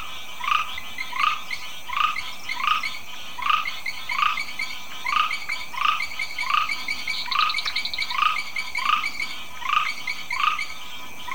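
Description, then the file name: Grass frog repeating short, clicky chirps at an even pace, with a faint high buzzing trill partway through and a constant low hum. "Ptychadena trinodis"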